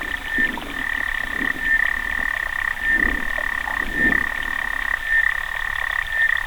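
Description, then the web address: Clawed frog producing a near-continuous metallic trill with brief louder accents roughly every second. "sounds xenopus"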